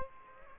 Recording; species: mosquito wingbeat signal from an infrared sensor; Aedes aegypti